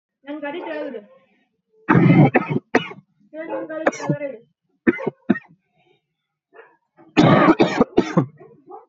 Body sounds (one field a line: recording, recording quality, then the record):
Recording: heavy voluntary cough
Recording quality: excellent, no background noise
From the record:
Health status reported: healthy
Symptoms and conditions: none ticked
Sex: male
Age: 20 years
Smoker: not ticked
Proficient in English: yes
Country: India